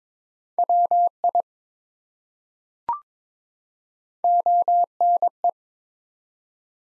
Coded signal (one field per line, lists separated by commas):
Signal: Morse code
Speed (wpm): 21 wpm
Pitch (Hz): 700 Hz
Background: none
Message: WI ONE